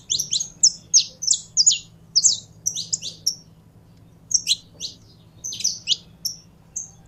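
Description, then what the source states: High canary song of crisp, slurred notes strung together, then a pause of about a second before more bright chirps; a low hum persists. Belgian breed canary, described as pure-bred.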